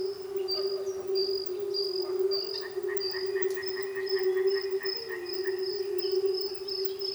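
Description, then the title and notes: Frogs calling as a steady low drone, with a repeated high whistled note and brief runs of pulsed croaks. Frogs recorded at a frog reservation in Manušice, Česká Lípa, Czechia. "Manušice 28, 471 11 Česká Lípa, Česko - Frogs. Frog reservation"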